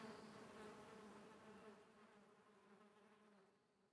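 Fly: flies in a swarm giving a humming buzz that starts strong and gradually fades away over a few seconds.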